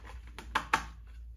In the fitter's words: those get clicked